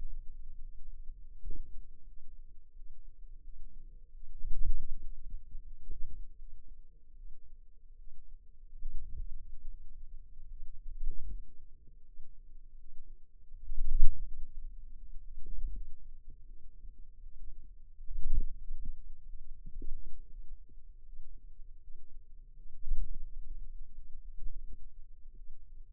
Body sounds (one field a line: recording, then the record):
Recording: forearm muscle sounds (acoustic myography)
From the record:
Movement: ulnar deviation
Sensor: system 2, bracelet of six BSWA MPA416 microphones around the upper forearm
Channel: 6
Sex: female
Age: 23 years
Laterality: right